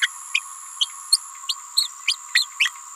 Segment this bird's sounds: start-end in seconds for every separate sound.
0.01-0.09, 0.34-0.41, 0.80-0.89, 1.12-1.19, 1.48-1.55, 1.76-1.88, 2.07-2.16, 2.34-2.46, 2.59-2.71